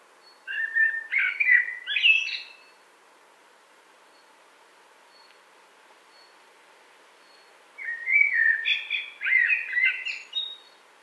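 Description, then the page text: Thrush song: a rich whistled phrase ending in high twittering, then a silence of about five seconds before another warbled phrase with scratchy high notes. "Пение дрозда. Zvukogram"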